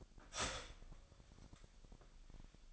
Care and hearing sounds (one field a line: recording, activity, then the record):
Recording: daily activity, microphone in the room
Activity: start toaster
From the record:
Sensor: 5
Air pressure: 1002.1 hPa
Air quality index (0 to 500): 208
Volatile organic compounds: 20 ppm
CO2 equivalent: 2695 ppm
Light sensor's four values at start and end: 33/108/41/43 and 33/108/41/43